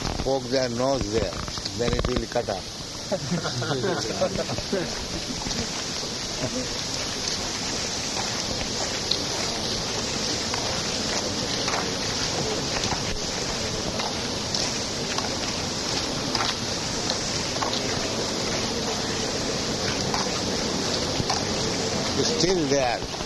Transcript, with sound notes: poke their nose there. Then it will be cut off. [laughter] But still they are